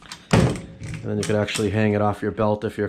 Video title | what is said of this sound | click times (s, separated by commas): New V2 Tool Box / Chest From Harbor Freight Tour. 26" to 44" with Locker | kind of gives you good versatility or just lock it in like this | 0.3 s